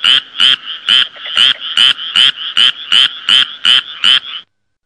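Frog croaking: short rasping croaks repeated steadily about two or three times a second, then silence at the end.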